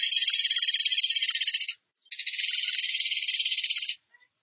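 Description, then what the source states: Bird song: two rapid, high, buzzy trills of evenly spaced pulses, each close to two seconds long, with a brief gap between them. Masteran training song of a singing bird in the tembakan gacor style.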